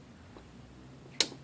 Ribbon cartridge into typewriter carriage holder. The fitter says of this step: it in there and make sure it snaps down like this you can hear this